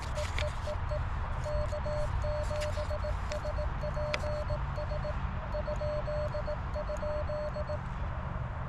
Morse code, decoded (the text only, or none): EEEE K7SPS ??